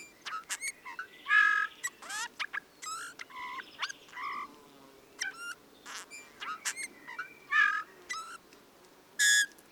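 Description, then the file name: Bullfinch singing a busy, uneven stream of nasal mewing notes, soft creaks and brief whistled slurs, loudest bursts near the start and end. "suara bullfinch omkicau"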